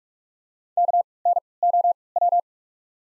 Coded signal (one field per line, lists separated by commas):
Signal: Morse code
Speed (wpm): 46 wpm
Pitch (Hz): 700 Hz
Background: none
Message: K N O W